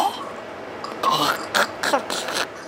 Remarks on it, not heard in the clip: The simulated sounds of dying. Some call it the death rattle. Stop swallowing, the lungs fill up, there can be moaning. So you get all that noise, and that's really distressing for family members. Other instructors at Nashville's Belmont University are gurgling into microphones in a dark closet.